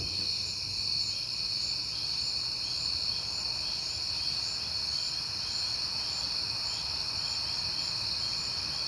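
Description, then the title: Crickets chirping in a continuous, ringing high chorus that does not pause. On a peaceful night in September. "Night Time: Crickets and Passing Cars"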